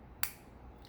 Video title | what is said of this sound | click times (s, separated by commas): INSULINA INALAVEL AFREZZA: É O FIM DA PICADA!!?? | o clique nesse momento perfurou a cápsula e | 0.2 s